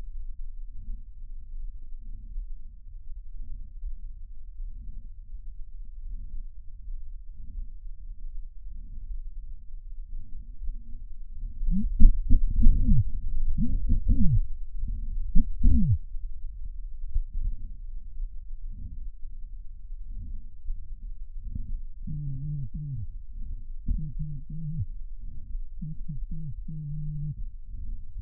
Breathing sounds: lung sounds by stethoscope; trachea; quiet breathing, then cough and speech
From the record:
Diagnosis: interstitial lung disease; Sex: male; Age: 72 years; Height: 167 cm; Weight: 74 kg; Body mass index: 26.5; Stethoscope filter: bell mode

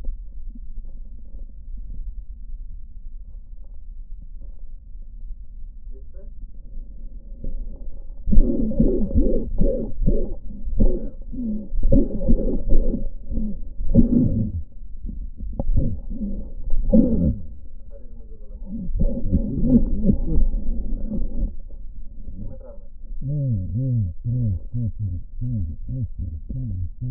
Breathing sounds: lung sounds by stethoscope; left posterior basal chest; quiet breathing, then cough and speech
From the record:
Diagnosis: pulmonary infection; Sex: male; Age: 74 years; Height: 171 cm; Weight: 80 kg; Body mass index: 27.4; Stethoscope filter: diaphragm mode

